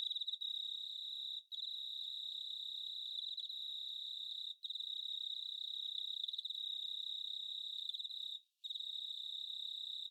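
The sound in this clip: Cricket producing a nearly continuous high, buzzing trill, interrupted only by a few very short pauses.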